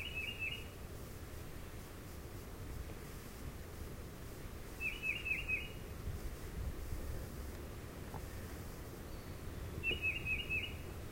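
Tufted titmouse repeating short bursts of several whistled notes roughly every five seconds, over steady low rumbling background noise.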